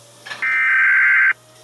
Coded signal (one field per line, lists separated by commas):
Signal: Emergency Alert System (SAME) tones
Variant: header bursts